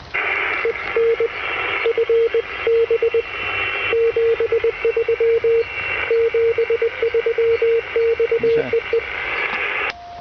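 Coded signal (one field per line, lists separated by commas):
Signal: Morse code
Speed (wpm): 20 wpm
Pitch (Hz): 460 Hz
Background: radio noise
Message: EN FB 73 73 X EE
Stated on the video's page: Morse operation at a telegraphists' rally near the Black Sea, portable station.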